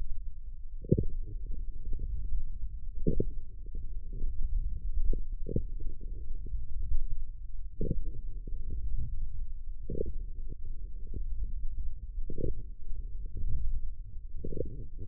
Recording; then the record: forearm muscle sounds (acoustic myography)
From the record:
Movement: wrist flexion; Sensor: system 1, eight BSWA MPA416 microphones around the upper forearm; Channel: 6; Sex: male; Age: 18 years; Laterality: right